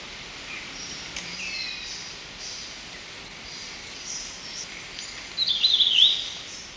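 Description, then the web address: Rufous-naped greenlet giving one bright, rapid phrase near the end after faint scattered notes. Ecuador. "Birds of Ecuador. Rufous-Naped Greenlet"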